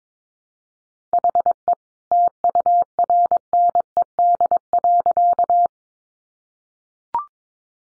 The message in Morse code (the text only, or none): HE TURNED.